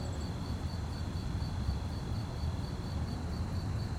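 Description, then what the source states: Crickets give a soft, rapid pulsing chirp without pause, over a low rumble. Fast-chirping crickets at night on a quiet street, with distant activity and slight wind; stereo.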